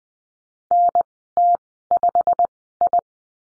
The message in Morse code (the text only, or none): NT5I